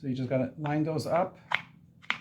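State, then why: Seated. Someone talks while lining up the two locking holes and the guide hole, then pushes and twists the plastic end cap back onto the brush roll of a Eureka Power Speed vacuum cleaner. A short sharp tap sounds at about 1.6 s, and the cap locks on with a crisp click at 2.1 s, seated.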